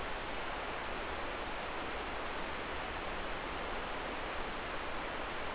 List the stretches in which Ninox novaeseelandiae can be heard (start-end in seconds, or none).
none